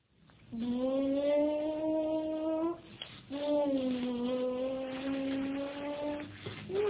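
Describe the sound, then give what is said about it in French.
A child's voice imitates an airplane, or a space shuttle, with two long, steady humming drones, each held for a couple of seconds with a slight pitch swell, separated by a brief breath. “Je ne fais pas la bécile, je fais l'avion.”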